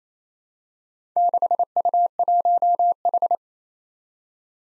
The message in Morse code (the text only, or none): 6U1H